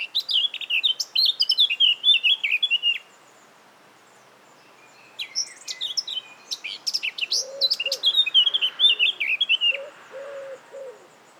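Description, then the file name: Eurasian blackcap song: a loud fluty warbling phrase, a pause, then scratchy chips leading into another fluty warble, with low soft notes beneath. "Sylvia atricapilla"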